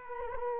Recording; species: mosquito wingbeat signal from an infrared sensor; Culex quinquefasciatus